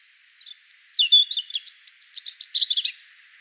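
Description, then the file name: European robin song: a thin high whistle sliding down, then a fast jumble of sharp twittering notes and trills, lasting about two and a half seconds. "Erithacus rubecula"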